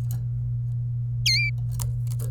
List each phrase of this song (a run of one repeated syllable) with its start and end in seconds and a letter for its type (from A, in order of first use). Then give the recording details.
1.26-1.49 A. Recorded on 26 April 2018 at 14:18. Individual llb3